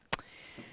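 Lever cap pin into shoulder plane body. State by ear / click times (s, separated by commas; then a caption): seated / 0.1 s. A metal lever cap is engaged on a shoulder plane body. A small pin rises into the cap and locks it in place, keeping it from sliding out when the blade is reversed. A sharp metallic click sounds at 0.1 s as the lever cap seats, followed by a faint ringing tail and a soft low thump near 0.6 s.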